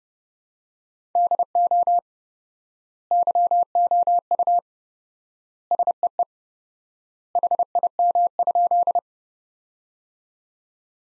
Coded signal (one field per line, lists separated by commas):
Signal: Morse code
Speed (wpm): 30 wpm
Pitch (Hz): 700 Hz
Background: none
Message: DO YOU SEE HIM?